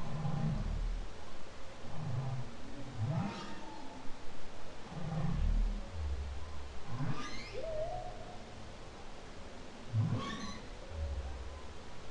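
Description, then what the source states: Humpback whale song with low grunts and pulsed bursts every few seconds, plus a short higher upsweep, amid constant deep noise. Song, October 2012.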